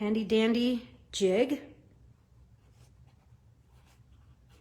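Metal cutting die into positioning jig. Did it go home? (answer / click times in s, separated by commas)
no / none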